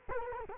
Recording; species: mosquito wingbeat signal from an infrared sensor; Culex quinquefasciatus